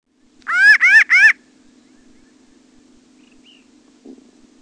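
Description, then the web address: Pinyon Jay calling three times in a rapid burst, each note nasal and rising, followed by near silence with a faint background hum. "Peterson North American Birds. pija"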